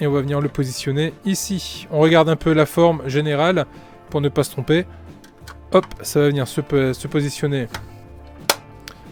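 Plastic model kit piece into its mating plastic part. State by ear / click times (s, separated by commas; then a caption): seated / 8.5 s, 8.9 s. A plastic piece from a scale model kit is lined up by its shape and pressed firmly into its mating plastic part while someone talks over background music. It snaps into place with a sharp click at 8.5 s and a second, fainter click at 8.9 s, and the piece sits well.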